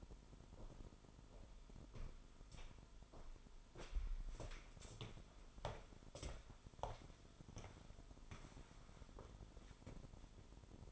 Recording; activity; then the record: daily activity, microphone in the room; walk to room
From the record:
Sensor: 5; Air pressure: 988.3 hPa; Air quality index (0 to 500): 196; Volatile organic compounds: 66 ppm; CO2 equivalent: 3484 ppm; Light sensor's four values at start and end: 47/144/56/60 and 50/140/56/64